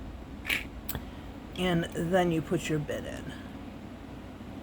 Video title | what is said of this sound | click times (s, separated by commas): Engerwall Pedicure Drill 💚#nails #nailproducts #efile | Just clicks right in. | 0.5 s